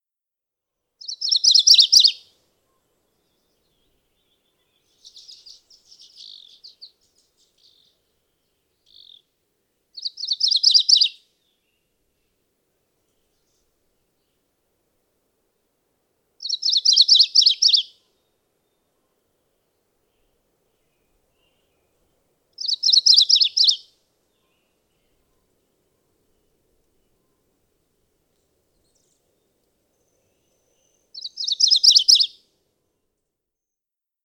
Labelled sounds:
MacGillivray's Warbler (Geothlypis tolmiei) song
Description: MacGillivray's Warbler song recorded on the Cub Lake Trail in Rocky Mountain National Park. Note that a Violet-green Swallow, House Wren and American Robin can also be heard in the background
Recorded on 22 June 2015

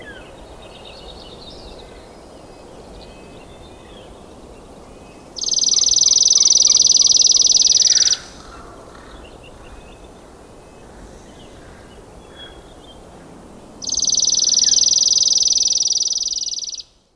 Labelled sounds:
Chipping Sparrow (Spizella passerina) song
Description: Chipping Sparrow song recorded in Horseshoe Park in Rocky Mountain National Park
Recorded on 19 May 2016

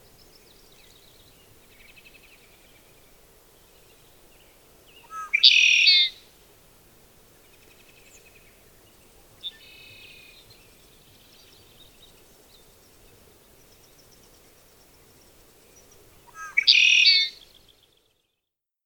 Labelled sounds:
Red-winged Blackbird (Agelaius phoeniceus)
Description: Red-winged Blackbird song and call recorded on the Cub Lake Trail in Rocky Mountain National Park
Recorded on 24 June 2015

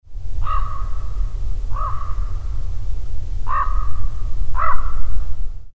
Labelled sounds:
Common Raven (Corvus corax)
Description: Sound recording of common raven, Grand Teton National Park, Wyoming

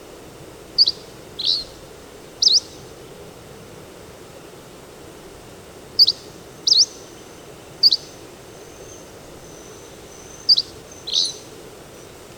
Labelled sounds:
Hammond's Flycatcher (Empidonax hammondii) song
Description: Hammond's Flycatcher song recorded on the Fern Lake Trail in Rocky Mountain National Park
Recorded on 10 June 2015

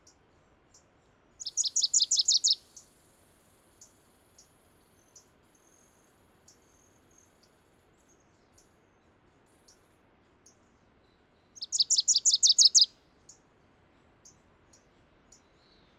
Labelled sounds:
Wilson's Warbler (Cardellina pusilla) song
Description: Wilson's Warbler song recorded at the Alluvial Fan in Rocky Mountain National Park
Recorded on 31 May 2017

